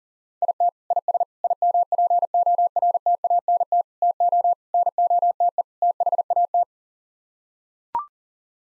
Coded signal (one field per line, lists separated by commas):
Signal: Morse code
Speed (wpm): 40 wpm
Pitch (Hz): 700 Hz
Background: none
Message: IT IS IMPORTANT TO NOTE THAT